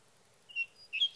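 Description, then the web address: Sage thrasher song: a few quick high whistled notes, a short clear phrase followed by a brighter burst of chirpy notes, over a quiet background. "birdsongforthecurious Sage Thrasher"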